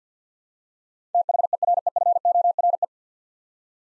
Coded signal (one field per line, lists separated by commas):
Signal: Morse code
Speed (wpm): 50 wpm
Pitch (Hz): 700 Hz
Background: none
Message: THEREFORE